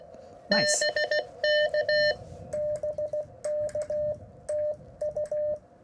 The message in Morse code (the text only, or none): BK BK TU